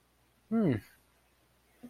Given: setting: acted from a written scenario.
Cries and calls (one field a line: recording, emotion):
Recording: vocal sound without words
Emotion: neutral